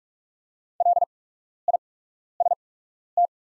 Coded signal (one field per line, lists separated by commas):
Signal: Morse code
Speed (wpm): 44 wpm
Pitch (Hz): 700 Hz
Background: none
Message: LIST